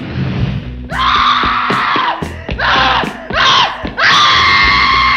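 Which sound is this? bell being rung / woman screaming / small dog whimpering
woman screaming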